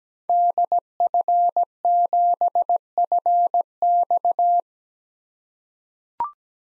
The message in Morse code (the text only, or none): DF7FX